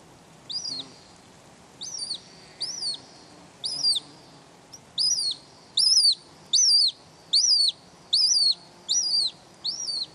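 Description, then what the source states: Hen Harrier calls: sharp, high arched notes repeated a little more than once a second, growing louder. Recorded with an autonomous recorder left in a bush in the breeding area for about six weeks; Ireland, where only 80 to 100 breeding pairs remain.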